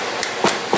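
A retaining snap ring is pushed along the metal housing of the A/C compressor clutch field coil (magnet) on a Celica/Matrix A/C clutch repair, over a steady broadband hiss with a brief tap at 0.2 s. The ring drops into its groove and seats with a sharp click at 0.7 s.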